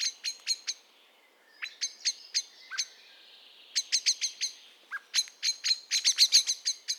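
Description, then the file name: Common blackbird calling with hard, ticking chink notes in quick irregular series, broken by a short silence and a few softer lower notes. "Turdus merula"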